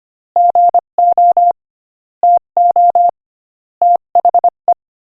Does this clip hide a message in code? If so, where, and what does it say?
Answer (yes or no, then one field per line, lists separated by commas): yes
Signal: Morse code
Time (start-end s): 0.4-4.7 s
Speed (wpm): 24 wpm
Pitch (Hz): 700 Hz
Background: none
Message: GO TO THE